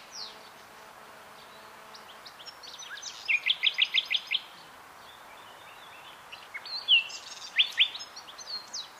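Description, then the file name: Common nightingale song: a burst of rapid repeated loud notes, then scattered whistles and a second run of sharp high notes over steady background hiss. "Luscinia megarhynchos"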